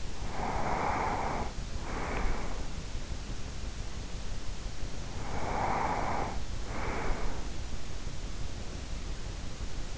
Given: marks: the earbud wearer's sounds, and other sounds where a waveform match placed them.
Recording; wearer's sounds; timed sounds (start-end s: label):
sounds in sleep by an in-ear microphone; breath
0.00-2.98 s: breath
5.16-7.63 s: breath